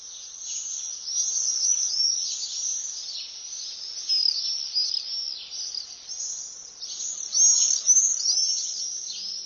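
Swifts giving continuous high-pitched screaming calls, many overlapping shrill screeches forming a dense, fluctuating chorus throughout.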